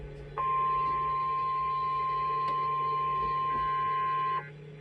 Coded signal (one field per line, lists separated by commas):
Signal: Emergency Alert System (SAME) tones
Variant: 1050 Hz attention tone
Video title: EAS 7324-7333 Required Weekly Tests From 05/28/25